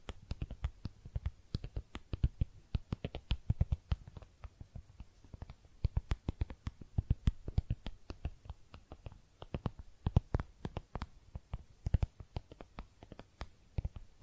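Tapping and scratching on makeup containers, a dense run of sharp, crisp taps packed throughout the fourteen seconds at an uneven, quick pace. Some hits are louder and brighter, landing every second or so, with soft scratchy rustling filling the gaps between them.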